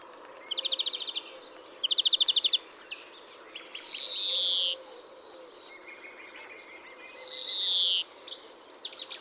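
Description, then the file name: European greenfinch opens with two quick, rattling trills of rapid notes, then gives two long, buzzy wheezes that drop in pitch, with scattered soft chirps between. "Chloris chloris"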